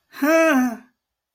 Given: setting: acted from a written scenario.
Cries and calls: vocal sound without words; positive surprise

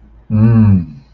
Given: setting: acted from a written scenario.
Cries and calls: vocal sound without words; desire

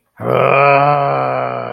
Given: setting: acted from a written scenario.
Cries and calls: vocal sound without words; anger

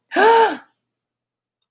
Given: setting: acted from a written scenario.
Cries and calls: vocal sound without words; fear

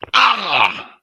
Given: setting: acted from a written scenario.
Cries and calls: vocal sound without words; pain

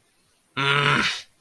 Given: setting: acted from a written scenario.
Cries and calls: vocal sound without words; anger

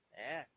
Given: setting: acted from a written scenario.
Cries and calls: vocal sound without words; disgust

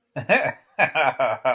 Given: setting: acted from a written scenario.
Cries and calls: vocal sound without words; amusement

